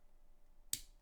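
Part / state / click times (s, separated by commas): plastic toy brick clip onto a bar element / seated / 0.7 s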